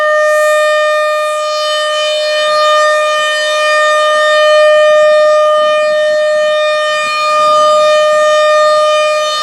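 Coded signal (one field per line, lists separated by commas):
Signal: siren signal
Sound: continuous steady siren wail at one pitch, loudness rising and falling as it rotates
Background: outdoor ambience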